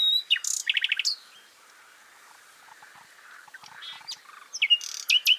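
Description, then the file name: Common nightingale song with a quick run of repeated sharp notes at the start, a pause with faint twitters, then loud high whistles and chirps at the end. "Luscinia megarhynchos"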